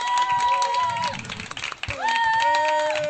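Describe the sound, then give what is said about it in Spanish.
Canned applause and laughter from a lively crowd, steady and loud for about three seconds, with rising whoops and whistles riding over the clapping and a brief dip near the middle. “Qué bien suenan las risas enlatadas estas, los aplausos enlatados.”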